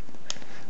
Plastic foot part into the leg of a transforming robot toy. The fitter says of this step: okay actually goes into this part over here so it actually locks in place really nicely